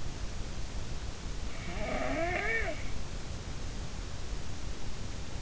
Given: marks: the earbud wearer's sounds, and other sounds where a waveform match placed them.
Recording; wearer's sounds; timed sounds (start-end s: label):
sounds in sleep by an in-ear microphone; snoring breath
1.73-2.87 s: snoring breath